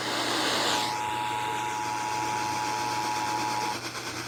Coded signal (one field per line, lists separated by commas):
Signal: Emergency Alert System (SAME) tones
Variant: 853 and 960 Hz attention tone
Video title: (EAS #447-448) Severe thunderstorm warnings from 7/21/2022